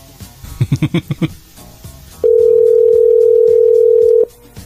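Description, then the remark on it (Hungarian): A telephone ringback tone of an unusual, foreign style: one steady mid-pitched beep holding for about two seconds, preceded by a quick run of short, choppy pulses. “Nem, furán csörög egyébként, mint a külföldet igen.”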